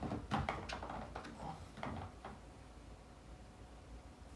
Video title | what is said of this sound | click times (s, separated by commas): I should have got this Fursuit cleaning gadget YEARS ago! | I guess it doesn't click | none